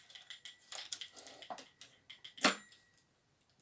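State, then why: Not seated. A strimmer attachment shaft is pushed into the split-shaft coupling on the power head of a Mountfield MM2603 3-in-1 multitool, with its spring locating pin meant to click into its hole. Light plastic ticks, rattles and scraping fill the first 2.3 seconds, a louder knock comes at about 2.5 s, and then it falls nearly silent. The locating pin has not clicked or engaged yet.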